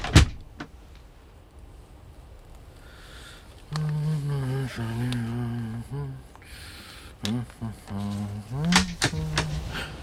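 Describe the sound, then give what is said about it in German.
The door of sleeping-car compartment number 9 on a train slides open with a single sharp, loud clack, followed by a quiet pause and then people talking in two stretches. “Oh, Entschuldigung, ich habe mich in der Tür geirrt.”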